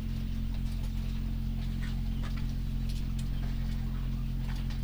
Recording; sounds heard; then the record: poultry house recording; sick chickens (respiratory disease)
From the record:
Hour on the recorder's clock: 0